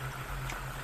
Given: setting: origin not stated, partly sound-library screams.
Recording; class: one-second piece from a danger detection set; normal situation